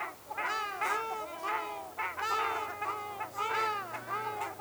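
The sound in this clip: Ruddy shelduck honking repeatedly, loud nasal arched notes in clusters, with a faint low hum running underneath.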